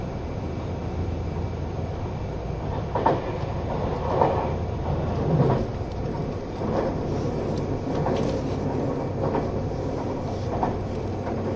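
Train running sound inside a quiet green car: a steady, dense low rumble of engine and motor with an even hum underneath. From about three seconds on, brighter clatters from the wheels recur roughly every second, with a soft swell of louder rumble around the middle.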